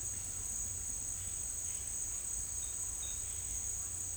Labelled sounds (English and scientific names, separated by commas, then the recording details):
none
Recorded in secondary vegetation near Puerto Asís, Putumayo, Colombia, on 18 December 2024 at 12:30
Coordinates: 0.484, -76.319
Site GP06